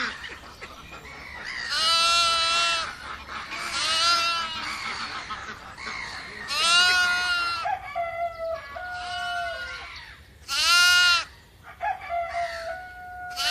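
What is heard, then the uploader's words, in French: Farm animals call out in a run of loud, bleating cries, one about every two seconds, each with a wavering, stacked pitch. Between the bleats come shorter, higher clucking and squawking notes, like poultry, over a faint low hum that continues throughout. A la ferme avec ses animaux.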